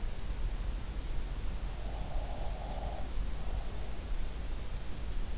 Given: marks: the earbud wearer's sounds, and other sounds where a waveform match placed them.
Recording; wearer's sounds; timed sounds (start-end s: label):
sounds in sleep by an in-ear microphone; breath
1.99-4.19 s: breath